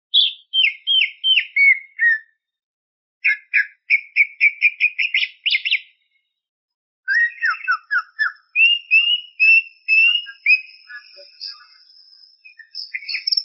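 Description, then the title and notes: Greater green leafbird song of rapid repeated whistled notes and chattering runs, broken by brief pauses, ending with sustained high thin whistles mixed with warbled phrases. Described as a champion songbird; chirping song. "Kicau Burung Cucak Ijo Juara. Suara kicauan burung cucak ijo"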